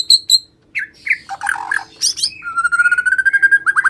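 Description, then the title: White-rumped shama singing a rich mix of high notes, harsh scratchy phrases and a long rapid trill. "murai batu"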